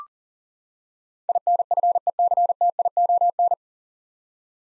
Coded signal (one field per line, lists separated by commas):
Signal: Morse code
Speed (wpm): 40 wpm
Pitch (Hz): 700 Hz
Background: none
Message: INFECTION